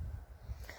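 On a 1998 Dodge Van 1500, the locking latch on the windshield wiper arm is snapped up (opened) on the wiper transmission pivot so the arm can go onto the pivot, since its pin was not pulled out. Over a low rumbling background, a single short, sharp snap sounds at 0.7 s as the latch releases open.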